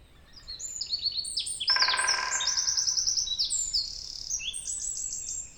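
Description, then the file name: Eurasian wren singing a long, loud, high-pitched outpouring of rapid trills and sharp chirps, with a brief rushing noise in the middle of the phrase. "Troglodytes troglodytes"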